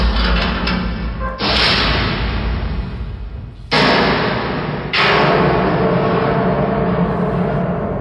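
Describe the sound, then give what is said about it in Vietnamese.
Loud, heavy metallic slams of an iron door outside a building being lowered, three big crashes shaking the wall, each followed by a long, ringing clang that hangs on before the next hit. No one speaks. “Chợt nghe ngoài cửa vang lên tiếng loảng xoảng, âm thanh chấn động va đập vào vách tường, hồi vọng ong ong đinh tai nhức óc.”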